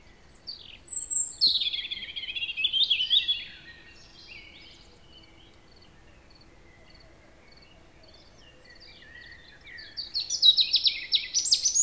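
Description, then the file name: European robin singing high warbled phrases with quick trills and descending slurs, then a long quiet gap before a fresh rapid, jingling phrase begins. "Erithacus rubecula"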